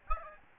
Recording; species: mosquito wingbeat signal from an infrared sensor; Aedes albopictus